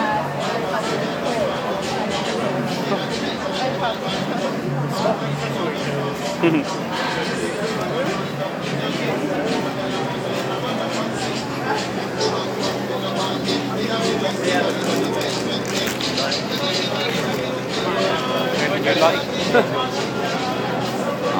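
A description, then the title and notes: Brick Lane's street sounds: a steady, dense wash of overlapping voices and chatter, with a faint low hum beneath and occasional brief louder sounds. The Sounds of Brick Lane.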